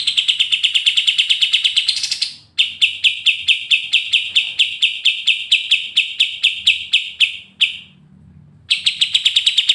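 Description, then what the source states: Pied triller singing rapid trills of evenly repeated sharp notes: a short burst, a brief break, a longer run, a short gap, then the trill resumes. Energetic, persistent singing (gacor ngegas) in the brenciu style, used as masteran.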